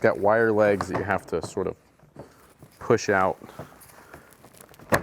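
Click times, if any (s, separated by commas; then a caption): 5.0 s. Someone talks while pushing out the wire support legs from under the interior liner of a Nuna DEMI Grow stroller bassinet, a task that is not easy, with faint rustling and small ticks as the legs are worked. A sharp click at 5.0 s marks the wire legs locking into place in the bassinet frame.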